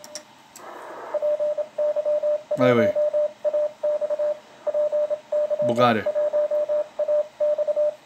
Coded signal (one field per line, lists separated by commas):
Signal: Morse code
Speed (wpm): 27 wpm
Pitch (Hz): 600 Hz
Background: speech, radio noise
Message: PY1AX PY1AX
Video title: DX CW 20M VAMOS ENTENDER ?